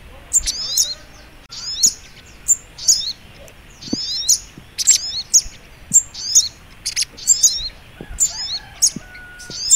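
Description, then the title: Little Spiderhunter song: piercing, squeaky slurred notes in quick clusters about once a second, fairly irregular, over quiet background noise. Training recording (masteran). "Masteran Burung Sogok Ontong Labaik"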